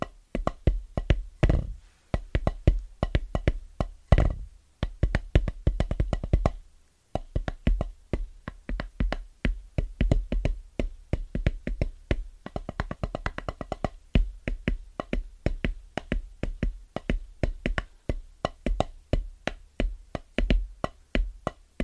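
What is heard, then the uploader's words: Fast, rhythmic tapping on drum pads fills the recording, dense sharp hits in quick bursts with small pauses between phrases. Each tap is crisp, with a soft low thud underneath. A brief lull comes near seven seconds before the tapping resumes. Fast & Rhythmic Tapping On Drum Pads (No Talking).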